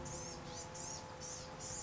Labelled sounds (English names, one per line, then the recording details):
Blue-gray Gnatcatcher
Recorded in Sonoma County, California